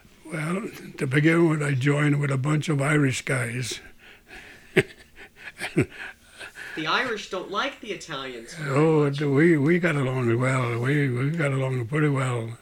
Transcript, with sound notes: Well, to begin with I joined with a bunch of Irish guys. ( he laughs )
The Irish don't like the Italians very much.
Oh, we got along well. We got along pretty well.